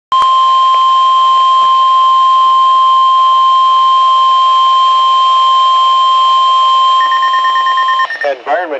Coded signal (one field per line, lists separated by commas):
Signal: Emergency Alert System (SAME) tones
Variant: 1050 Hz attention tone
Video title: Weatheradio Canada - Severe Thunderstorm Warning (EAS #30) 23/07/2012